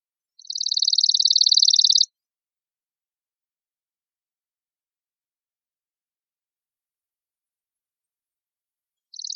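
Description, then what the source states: Chipping sparrow giving a dry, rapid, even trill of about two seconds, followed by silence and then another trill starting at the very end. Recorded on 5 May 2006.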